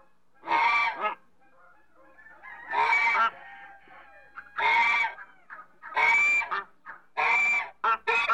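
African goose giving harsh, brassy honks in an irregular series, some drawn out and some clipped short, with softer notes between them.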